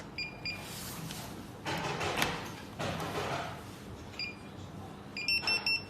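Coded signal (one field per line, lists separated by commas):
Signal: pager alert tone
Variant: guest paging system pager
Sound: rapid high electronic beeps in short bursts, separated by handling noise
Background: handling noise, small room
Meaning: The guest is being called to collect their order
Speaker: here's the beep sound thank you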